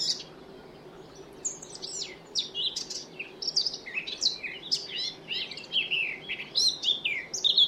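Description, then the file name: Eurasian blackcap song, a fast, varied warble of chattering and whistled notes that begins after about a second and a half of quiet and continues to the end. "Sylvia atricapilla"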